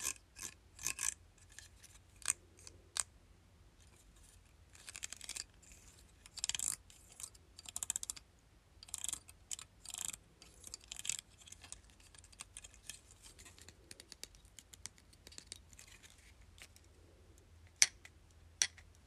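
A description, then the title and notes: Hair clips being handled in ASMR style: quick, crisp clicks and snaps scattered through the clip, often in short clusters, with brief rustling between them. The sounds are bright and sharp, louder bursts near the start and a couple of strong clicks near the end, over a faint low hum. ASMR Hair Clip.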